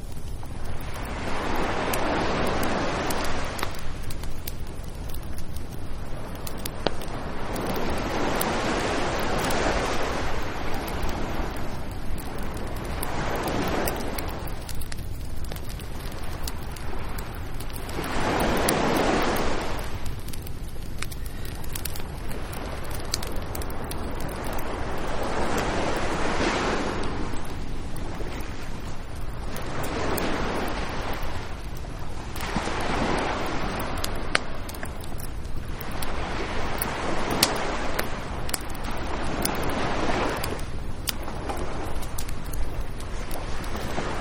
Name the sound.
Beach Campfire